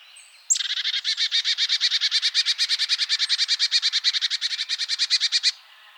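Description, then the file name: Marsh tit call: a sharp high note followed by about five seconds of fast, harsh, buzzy notes repeated many times, steady throughout. "Poecile palustris"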